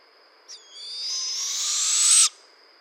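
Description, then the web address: Barred owl giving a harsh, hissing screech lasting under two seconds, growing louder and slightly higher toward an abrupt end, over a steady high tone. Recorded on 15 June 2011. "Barred Owl 2011 06 15"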